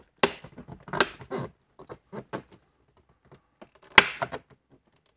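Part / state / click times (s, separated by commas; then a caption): plastic dash trim panel clips into dashboard / seated / 0.2 s, 4.0 s. Plastic dash trim pieces on a Mini Cooper are pressed back in by punching their retaining clips into the dashboard. Loud, sharp snaps ring out at 0.2 s and 4.0 s, with quieter knocks and rattles of handling between and after. The clips seat.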